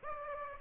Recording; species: mosquito wingbeat signal from an infrared sensor; Aedes aegypti